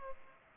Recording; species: mosquito wingbeat signal from an infrared sensor; Culex pipiens